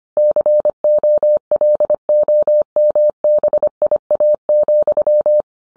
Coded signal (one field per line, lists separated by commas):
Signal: Morse code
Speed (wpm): 25 wpm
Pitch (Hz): 600 Hz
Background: none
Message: COLOMBIA,